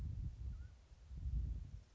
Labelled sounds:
Mountain Quail
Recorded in Sonoma County, California

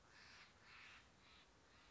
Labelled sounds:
Steller's Jay
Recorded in Sonoma County, California

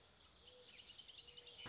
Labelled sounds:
Mourning Dove
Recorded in Sonoma County, California

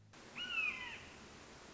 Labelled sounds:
Red-shouldered Hawk
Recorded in Sonoma County, California

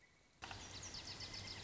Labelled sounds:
Pileated Woodpecker
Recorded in Sonoma County, California

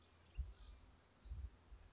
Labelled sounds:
House Wren
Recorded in Sonoma County, California

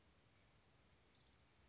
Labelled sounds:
Orange-crowned Warbler
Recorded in Sonoma County, California

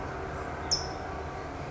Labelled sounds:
California Towhee
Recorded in Sonoma County, California

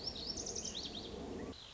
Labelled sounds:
Lazuli Bunting
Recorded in Sonoma County, California

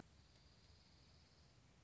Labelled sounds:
Dark-eyed Junco
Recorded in Sonoma County, California

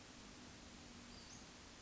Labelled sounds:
Western Flycatcher
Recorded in Sonoma County, California

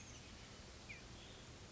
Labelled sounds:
Oak Titmouse
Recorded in Sonoma County, California

